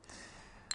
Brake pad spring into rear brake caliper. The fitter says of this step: Now, the pads the pad springs click down nicely in place there.